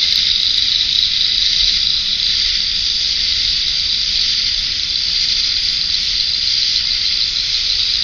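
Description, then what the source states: Steady high-pitched cricket chirping from many insects at once, holding at a constant level from start to finish. Near a pond in a forest wildlife management area.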